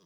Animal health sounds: pig call; piglet (1 to 25 days)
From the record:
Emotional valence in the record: positive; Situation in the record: reunion after long isolation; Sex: male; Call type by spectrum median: low-frequency call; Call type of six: low-frequency tonal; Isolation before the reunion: 8 minutes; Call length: 0.06 s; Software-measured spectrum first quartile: 305 Hz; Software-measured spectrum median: 1068 Hz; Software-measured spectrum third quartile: 4257 Hz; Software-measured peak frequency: 174 Hz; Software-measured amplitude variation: 1 dB a second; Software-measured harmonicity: 2.8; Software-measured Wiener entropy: -2.44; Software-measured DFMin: 1013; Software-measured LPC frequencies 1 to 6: 1131, 2236, 3331, 4957, 5906, 6887 Hz

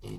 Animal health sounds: pig call; weaner (32 to 43 days)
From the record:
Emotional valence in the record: negative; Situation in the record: short isolation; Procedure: open field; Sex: female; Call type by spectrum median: low-frequency call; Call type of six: low-frequency stable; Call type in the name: low-frequency stable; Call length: 0.19 s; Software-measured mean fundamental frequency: 50 Hz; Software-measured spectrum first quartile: 139 Hz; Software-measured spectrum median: 303 Hz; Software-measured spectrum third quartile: 816 Hz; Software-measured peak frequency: 113 Hz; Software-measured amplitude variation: 140 dB a second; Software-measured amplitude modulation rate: 29.2 a second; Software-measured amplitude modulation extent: 4.8 dB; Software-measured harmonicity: -1.3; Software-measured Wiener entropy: -1.18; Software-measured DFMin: 897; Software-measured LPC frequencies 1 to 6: 320, 922, 2223, 2906, 3654, 4696 Hz

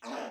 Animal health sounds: pig call; piglet (1 to 25 days)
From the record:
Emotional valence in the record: negative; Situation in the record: restrain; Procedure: in the arms of a person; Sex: female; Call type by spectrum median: low-frequency call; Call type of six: low-frequency stable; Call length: 0.31 s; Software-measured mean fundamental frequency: 74 Hz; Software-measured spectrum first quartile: 511 Hz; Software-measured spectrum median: 835 Hz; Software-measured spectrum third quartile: 1723 Hz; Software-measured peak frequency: 259 Hz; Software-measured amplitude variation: 112 dB a second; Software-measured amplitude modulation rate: 21.2 a second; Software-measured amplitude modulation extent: 5.3 dB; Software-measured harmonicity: 0.1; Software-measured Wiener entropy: -0.75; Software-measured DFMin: 1286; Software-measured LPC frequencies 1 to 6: 663, 2612, 3926, 4903, 5741, 6212 Hz

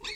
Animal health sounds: pig call; weaner (32 to 43 days)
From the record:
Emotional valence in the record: negative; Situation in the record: short isolation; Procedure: open field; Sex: female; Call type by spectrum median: high-frequency call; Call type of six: high-frequency stable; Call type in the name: high-frequency stable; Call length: 0.15 s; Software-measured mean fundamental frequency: 447 Hz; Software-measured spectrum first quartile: 1843 Hz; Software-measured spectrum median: 3096 Hz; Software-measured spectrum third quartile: 4266 Hz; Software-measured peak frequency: 2207 Hz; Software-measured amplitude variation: 125 dB a second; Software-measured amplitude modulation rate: 13.4 a second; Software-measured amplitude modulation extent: 9.3 dB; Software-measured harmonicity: 5.4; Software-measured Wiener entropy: -2.15

